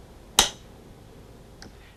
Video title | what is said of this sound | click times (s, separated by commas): Philips HeartStart HS1 Defibrillator | the battery is located on the back surface of the defibrillator it snaps into place easily | 0.4 s